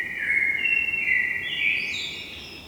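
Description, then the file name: Eurasian blackbird singing a loud, full fluted phrase that slides along, finishing in higher squeaky twittering notes; faint background hiss. "Turdus merula"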